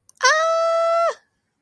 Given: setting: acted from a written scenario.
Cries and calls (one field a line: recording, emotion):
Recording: vocal sound without words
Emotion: positive surprise